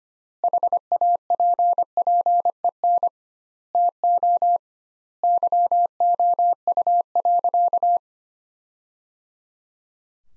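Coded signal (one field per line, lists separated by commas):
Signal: Morse code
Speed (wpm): 25 wpm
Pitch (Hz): 700 Hz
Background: none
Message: HAPPEN TO YOU.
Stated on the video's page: Morse practice sentences built from the 500 most common words, sent at 25 wpm with double word spacing, a word-level analogue of Farnsworth spacing.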